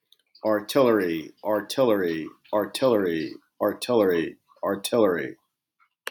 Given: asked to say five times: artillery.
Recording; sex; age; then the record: repeated word; male; 40 to 49 years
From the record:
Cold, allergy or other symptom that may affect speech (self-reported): no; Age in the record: 45 years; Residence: Virginia, United States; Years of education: 16